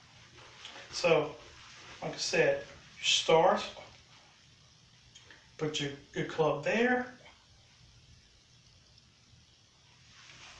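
A golf club is being set onto a golf alignment training aid while someone talks, with a few faint, short handling sounds around 5.2 and 9.0 seconds. The clip ends before the club clicks into position, so nothing has clicked or seated yet.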